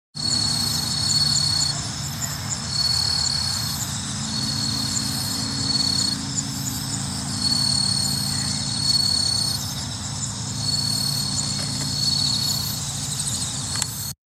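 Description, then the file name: Bell cricket song, high ringing chirps in short bursts repeated every second or two over a steady background hum and low rumble. Recorded 2019-08-20. "20190820 suzumushi"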